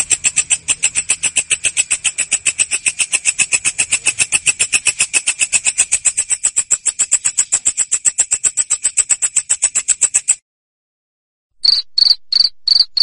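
Cricket chirping, a fast steady train of short buzzy pulses with layered high tones for about ten seconds, a brief silence, then a few more chirps.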